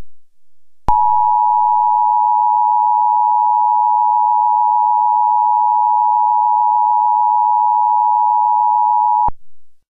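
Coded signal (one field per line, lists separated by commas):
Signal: Emergency Alert System (SAME) tones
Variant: 853 and 960 Hz attention tone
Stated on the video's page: Fake severe thunderstorm warning.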